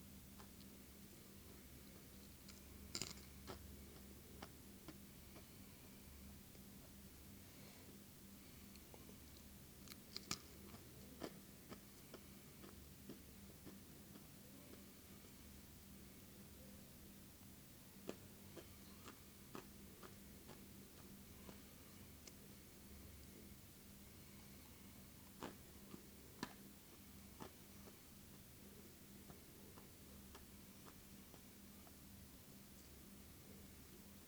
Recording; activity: daily activity, guitar pickup as the sensor; eat